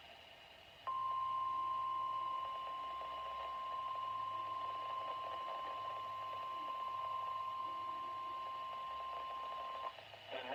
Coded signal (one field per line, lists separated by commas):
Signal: Emergency Alert System (SAME) tones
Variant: 1050 Hz attention tone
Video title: EAS Alerts from 4/22/2023 (EAS #13-22)